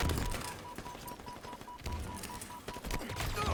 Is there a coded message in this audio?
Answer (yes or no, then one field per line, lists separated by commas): no